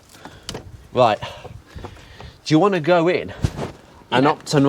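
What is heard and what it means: On a Focus MK1, the two-speed radiator fan resistor is pushed onto its wiring connector, because the fan had only been working at one speed. A short sharp hit at 0.5 s marks the connector seating, followed by someone talking.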